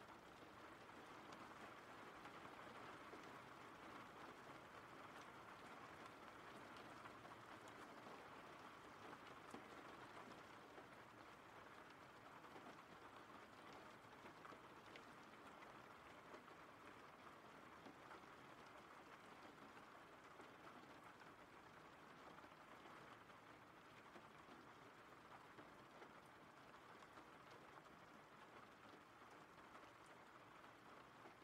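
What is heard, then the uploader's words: Rain falls in a dense, steady wash that holds an even level for the full half minute, with no pauses or swells. The hiss is bright and fine-grained, with a faint low rumble underneath that could be passing traffic. RAIN SOUNDS.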